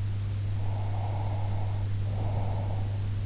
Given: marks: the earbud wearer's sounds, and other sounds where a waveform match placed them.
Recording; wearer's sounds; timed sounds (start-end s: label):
sounds in sleep by an in-ear microphone; breath
0.57-3.11 s: breath